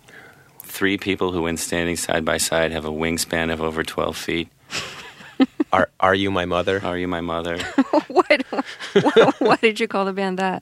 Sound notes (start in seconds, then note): 4.7 laughter; 7.5 laughter